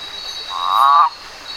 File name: Rentapia hosii